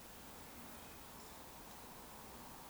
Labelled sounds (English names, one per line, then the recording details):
Eurasian Woodcock whistle
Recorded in Baden-Württemberg, Germany, on 18 June 2021 at 19:32 UTC
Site 49334, 1074 m above sea level